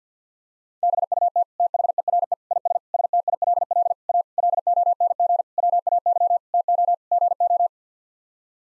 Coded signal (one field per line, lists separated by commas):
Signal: Morse code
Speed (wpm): 50 wpm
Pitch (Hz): 700 Hz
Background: none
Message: BUT THERE IS STILL A LONG WAY TO GO